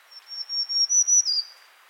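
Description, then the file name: Black-throated green warbler song: a run of high buzzy pulses, loudest in the middle, ending with a slurred note that slides slightly lower. "Setophaga virens - Black-throated Green Warbler"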